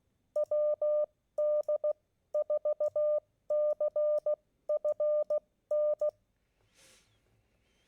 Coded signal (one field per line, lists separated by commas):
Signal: Morse code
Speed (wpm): 16 wpm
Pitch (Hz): 600 Hz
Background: none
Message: WD4CFN